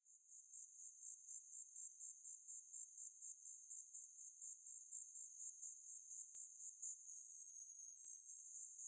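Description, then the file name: Terlingua cicada song: a steady train of many short, high-pitched buzzy pulses, continuing evenly throughout. Recorded at Terlingua, Texas, United States; filtered recording. "US TX Okanagodes terlingua"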